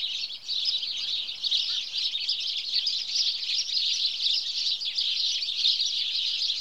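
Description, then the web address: House sparrows in a flock chirping nonstop, a thick band of bright chirps. "BBC Sound Effects Library BBC 47-Birds 21 House Sparrow (Passer Domesticus)"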